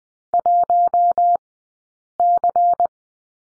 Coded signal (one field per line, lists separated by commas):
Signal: Morse code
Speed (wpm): 20 wpm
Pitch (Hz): 700 Hz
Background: none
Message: 1C